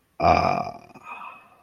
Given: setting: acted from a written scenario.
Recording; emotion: vocal sound without words; contentment